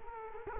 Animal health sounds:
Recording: mosquito wingbeat signal from an infrared sensor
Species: Culex quinquefasciatus

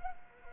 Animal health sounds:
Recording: mosquito wingbeat signal from an infrared sensor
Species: Culex quinquefasciatus

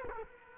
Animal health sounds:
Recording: mosquito wingbeat signal from an infrared sensor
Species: Culex quinquefasciatus

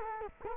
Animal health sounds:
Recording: mosquito wingbeat signal from an infrared sensor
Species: Culex quinquefasciatus

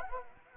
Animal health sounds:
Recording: mosquito wingbeat signal from an infrared sensor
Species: Anopheles gambiae

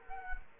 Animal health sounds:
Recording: mosquito wingbeat signal from an infrared sensor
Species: Culex quinquefasciatus

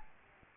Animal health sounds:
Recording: mosquito wingbeat signal from an infrared sensor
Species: Aedes albopictus

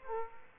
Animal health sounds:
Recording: mosquito wingbeat signal from an infrared sensor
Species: Aedes aegypti

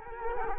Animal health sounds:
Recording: mosquito wingbeat signal from an infrared sensor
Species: Culex quinquefasciatus

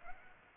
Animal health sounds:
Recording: mosquito wingbeat signal from an infrared sensor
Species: Aedes aegypti

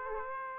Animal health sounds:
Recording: mosquito wingbeat signal from an infrared sensor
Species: Aedes aegypti

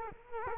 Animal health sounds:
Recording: mosquito wingbeat signal from an infrared sensor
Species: Culex quinquefasciatus

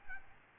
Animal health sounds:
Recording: mosquito wingbeat signal from an infrared sensor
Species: Aedes albopictus

